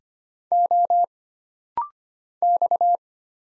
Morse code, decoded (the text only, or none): O X